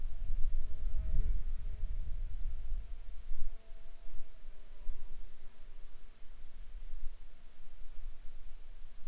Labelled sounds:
insects
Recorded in Ivvavik National Park, Yukon, on 13 July 2019 at 16:09
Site SINP10

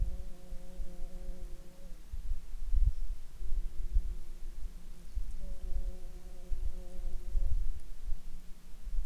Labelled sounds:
wind, insects
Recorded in Ivvavik National Park, Yukon, on 29 June 2019 at 11:49
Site SINP09

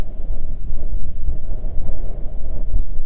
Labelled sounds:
songbird, wind
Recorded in the Arctic National Wildlife Refuge, Alaska, on 3 June 2019 at 05:09
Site 37

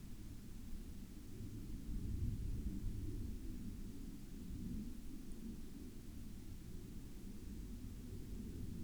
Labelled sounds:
aircraft
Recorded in the Arctic National Wildlife Refuge, Alaska, on 12 May 2019 at 16:23
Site 37

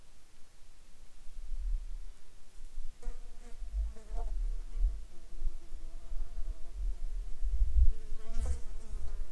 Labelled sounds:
insects
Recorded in the Arctic National Wildlife Refuge, Alaska, on 22 July 2019 at 12:33
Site 44

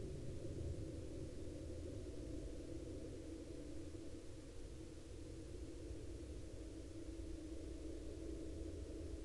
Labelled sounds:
aircraft
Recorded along the Dalton Highway, Alaska, on 25 April 2019 at 22:52
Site 09

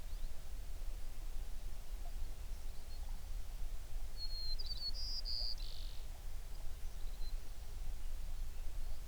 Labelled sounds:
songbird
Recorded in the Prudhoe Bay oil fields, Alaska, on 11 June 2019 at 04:56
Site 21

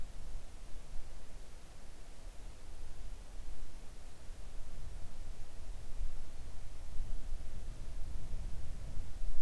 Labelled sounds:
near silence
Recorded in the Arctic National Wildlife Refuge, Alaska, on 3 August 2019 at 05:18
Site 41

